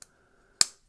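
A CIVIVI Statera folding knife by WE Knives has its blade opened, and the liner/frame lock engages behind the blade tang at the stop pin. After a faint tick at 0.0 s and a quiet steady tone, a sharp, loud metal snap rings out at 0.6 s and decays quickly. The lock has snapped into place.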